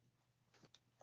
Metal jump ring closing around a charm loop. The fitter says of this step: When we close jump rings, we should hear a little click and we'll know it's secure.